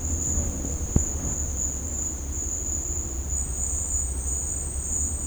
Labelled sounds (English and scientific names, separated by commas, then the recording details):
none
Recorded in dense forest near Puerto Asís, Putumayo, Colombia, on 26 December 2024 at 11:00
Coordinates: 0.481, -76.323
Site G100